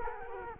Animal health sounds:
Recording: mosquito wingbeat signal from an infrared sensor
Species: Culex quinquefasciatus

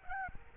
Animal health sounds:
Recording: mosquito wingbeat signal from an infrared sensor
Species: Aedes albopictus

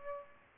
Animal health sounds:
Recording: mosquito wingbeat signal from an infrared sensor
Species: Aedes albopictus

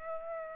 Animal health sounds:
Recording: mosquito wingbeat signal from an infrared sensor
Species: Aedes aegypti

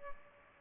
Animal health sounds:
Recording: mosquito wingbeat signal from an infrared sensor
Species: Aedes aegypti

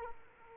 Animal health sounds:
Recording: mosquito wingbeat signal from an infrared sensor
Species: Aedes aegypti

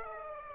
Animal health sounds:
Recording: mosquito wingbeat signal from an infrared sensor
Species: Aedes aegypti

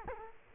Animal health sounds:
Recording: mosquito wingbeat signal from an infrared sensor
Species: Culex quinquefasciatus

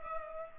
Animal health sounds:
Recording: mosquito wingbeat signal from an infrared sensor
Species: Culex pipiens

